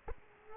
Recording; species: mosquito wingbeat signal from an infrared sensor; Aedes aegypti